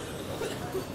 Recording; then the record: coughing mixed with background sound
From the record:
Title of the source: 30 Chesty and wet cough